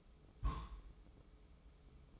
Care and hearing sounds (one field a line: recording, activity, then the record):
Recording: daily activity, microphone in the room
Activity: place on stove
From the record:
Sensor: 1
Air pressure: 995.5 hPa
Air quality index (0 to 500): 31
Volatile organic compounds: 1 ppm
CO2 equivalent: 569 ppm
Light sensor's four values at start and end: 29/103/39/41 and 29/103/39/41